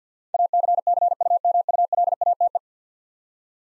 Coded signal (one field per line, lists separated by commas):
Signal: Morse code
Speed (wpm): 50 wpm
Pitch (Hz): 700 Hz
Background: none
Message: ACCUMULATE